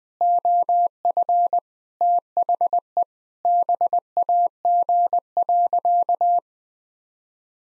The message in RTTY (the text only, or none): none